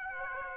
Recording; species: mosquito wingbeat signal from an infrared sensor; Aedes aegypti